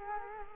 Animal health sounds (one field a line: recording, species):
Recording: mosquito wingbeat signal from an infrared sensor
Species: Culex quinquefasciatus